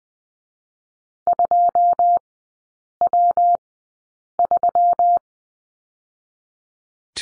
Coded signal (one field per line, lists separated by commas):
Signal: Morse code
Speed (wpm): 20 wpm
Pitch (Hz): 700 Hz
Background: none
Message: 2W3